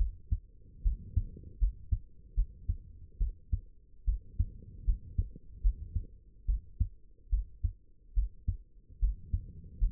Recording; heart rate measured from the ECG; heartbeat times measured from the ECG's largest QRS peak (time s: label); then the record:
heart sounds by stethoscope; 74 bpm
0.83 s: heartbeat
1.59 s: heartbeat
2.35 s: heartbeat
3.19 s: heartbeat
4.06 s: heartbeat
4.86 s: heartbeat
5.62 s: heartbeat
6.47 s: heartbeat
7.31 s: heartbeat
8.15 s: heartbeat
9.00 s: heartbeat
9.79 s: heartbeat
From the record:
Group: healthy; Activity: rest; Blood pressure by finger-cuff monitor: 86/49 mmHg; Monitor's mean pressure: 64 mmHg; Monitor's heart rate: 72 bpm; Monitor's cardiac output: 7.4 L/min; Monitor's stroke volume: 104 mL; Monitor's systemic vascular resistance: 610 dyn s/cm5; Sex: female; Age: 22 years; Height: 161 cm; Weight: 65.5 kg